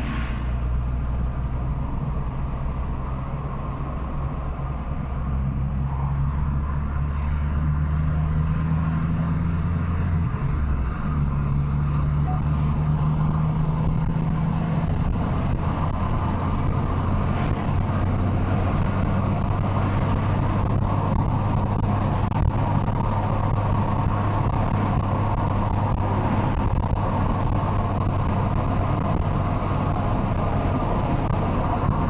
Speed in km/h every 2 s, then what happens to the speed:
47, 53, 57, 70, 80, 86, 90, 98, 106, 112, 116, 116, 115, 112, 109, 104.
0-19 speeds up to 116. 19-25 steady at about 116. 25-32 slows to 104.